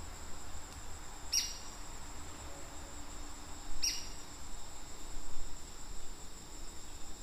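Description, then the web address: White-crested spadebill making two abrupt, high-pitched squeaky notes about two and a half seconds apart against continuous buzzing insects. "White crested spadebill. صدای-پرنده-بیلچه-نوک-کاکل-سفید"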